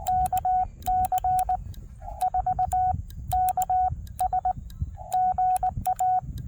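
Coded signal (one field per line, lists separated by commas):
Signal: Morse code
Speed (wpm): 20 wpm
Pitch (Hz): 740 Hz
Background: radio noise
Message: KC4KS GA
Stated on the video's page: 40 m daytime park activation with a Wolf River Coils Sporty Forty coil on a 17-foot whip, four ground radials, spike mount, under poor band conditions.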